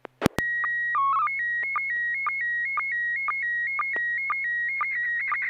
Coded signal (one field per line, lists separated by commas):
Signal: SSTV (slow-scan television)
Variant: PD 120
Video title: N6NA SSTV Net - 02/26/2025